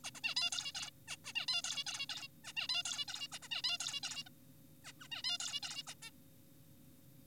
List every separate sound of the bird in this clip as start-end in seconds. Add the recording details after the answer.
0.04-0.11, 0.15-0.21, 0.24-0.35, 0.37-0.51, 0.52-0.72, 0.75-0.91, 1.08-1.17, 1.25-1.33, 1.35-1.46, 1.48-1.62, 1.64-1.84, 1.87-2.06, 2.09-2.28, 2.45-2.53, 2.57-2.67, 2.69-2.83, 2.85-3.05, 3.08-3.27, 3.32-3.39, 3.43-3.48, 3.51-3.62, 3.64-3.78, 3.80-4.00, 4.03-4.23, 4.27-4.29, 4.85-4.93, 5.00-5.08, 5.12-5.22, 5.24-5.38, 5.40-5.60, 5.63-5.83, 5.87-5.94, 6.03-6.11. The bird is an adult. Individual g4p5U